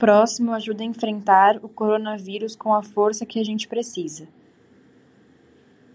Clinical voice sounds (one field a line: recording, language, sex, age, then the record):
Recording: spoken sentence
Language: Brazilian Portuguese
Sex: female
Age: 20 to 29 years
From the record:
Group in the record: control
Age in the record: 21 years